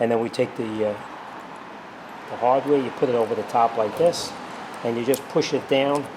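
A new metal brake pad abutment clip for a 2012 Toyota Highlander is placed over the top of the caliper bracket and pushed down by hand while someone talks. Faint handling noises sit between the speech, but nothing has seated or clicked into place yet.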